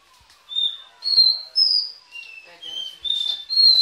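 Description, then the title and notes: Belgian canary song: a sequence of sustained clear whistled notes, each about half a second, stepping between higher and lower pitches. "Canario Belga, nyonyastudio"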